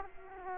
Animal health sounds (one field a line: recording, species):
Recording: mosquito wingbeat signal from an infrared sensor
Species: Culex quinquefasciatus